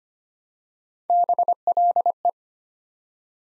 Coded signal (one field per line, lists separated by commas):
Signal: Morse code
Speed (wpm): 25 wpm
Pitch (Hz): 700 Hz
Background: none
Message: BLE